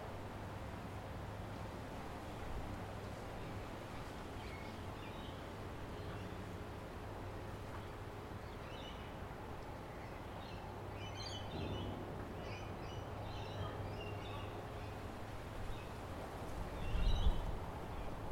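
Outside above Tamarama Beach, a steady low hum and rumble hold under scattered bird chirps, with a brief louder thump near the end.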